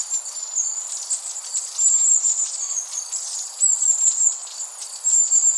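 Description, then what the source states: Long-tailed tit calls: sharp, high thin notes in quick runs, over a constant high hiss. Recorded 21 September 2016.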